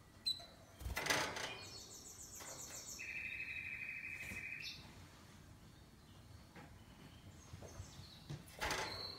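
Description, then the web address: Canary song with a fast high buzzy trill, then a steady rolling trill for about two seconds, framed by a few loud knocks at the start and end. "Golchin Best Canari Seda Canari. Niyaz Music)"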